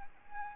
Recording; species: mosquito wingbeat signal from an infrared sensor; Aedes albopictus